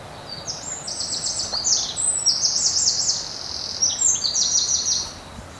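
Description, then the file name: Eurasian wren singing: a loud, very high, rapid run of trills and sharp notes lasting about five seconds over faint background noise. "Troglodytes troglodytes"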